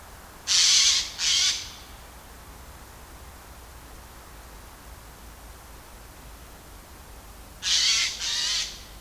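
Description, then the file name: Eurasian jay screeching: two harsh, tearing screeches in quick succession, then a long quiet gap with soft background hiss, then another harsh double screech. "Garrulus glandarius"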